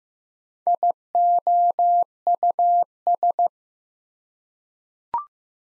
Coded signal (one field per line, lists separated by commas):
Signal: Morse code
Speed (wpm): 15 wpm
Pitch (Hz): 700 Hz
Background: none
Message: IOUS